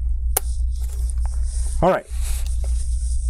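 After a connector is inserted on a MacBook Air A2337 logic board during a repair for no display, the small metal locking bracket over it is flipped down and snaps shut with one sharp click at 0.4 s, seating the connector. Fainter ticks follow over a steady low hum, and someone talks briefly.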